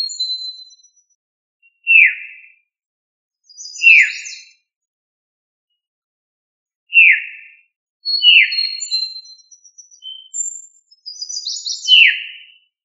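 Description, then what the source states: Thrush repeating clear falling whistled notes, several followed by high, scratchy twittering and thin whistles. Thrush of the family Turdidae, locally called sabiá.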